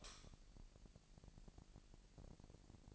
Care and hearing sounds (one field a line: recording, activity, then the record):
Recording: daily activity, microphone in the room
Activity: light on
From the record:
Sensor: 5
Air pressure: 1002.0 hPa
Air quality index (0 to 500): 230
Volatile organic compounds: 32 ppm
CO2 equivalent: 2998 ppm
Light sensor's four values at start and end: 16/37/15/16 and 16/38/15/17